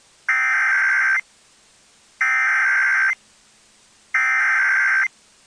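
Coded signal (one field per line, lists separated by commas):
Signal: Emergency Alert System (SAME) tones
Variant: header bursts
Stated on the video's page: Personally captured EAS alerts, a compilation of real alerts.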